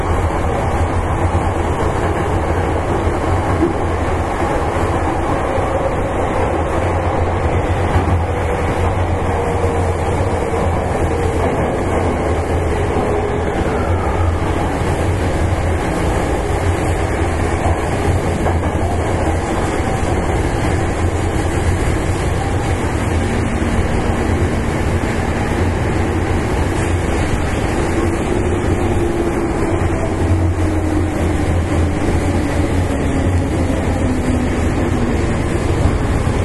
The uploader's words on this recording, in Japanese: 山陽電気鉄道 5000系電車の走行音です。山陽電鉄線から神戸高速線・阪神電鉄線へ直通する直通特急列車にて収録。区間は、舞子公園から神戸三宮までです。